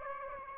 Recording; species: mosquito wingbeat signal from an infrared sensor; Aedes aegypti